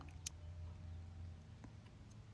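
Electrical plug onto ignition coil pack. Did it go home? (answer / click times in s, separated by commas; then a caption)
yes / 0.3 s. An electrical plug is pressed onto an ignition coil pack of a VW Golf GTI 2.0 during a spark plug change. It gives one sharp, bright click at 0.3 s over a steady low hum, with a few faint ticks around it. The plug is locked into place on the coil pack.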